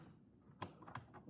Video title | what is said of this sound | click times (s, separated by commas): Model 6600-NG: Front panel - 3 | it works the exact same way i will connect here turn it until it clicks | 0.6 s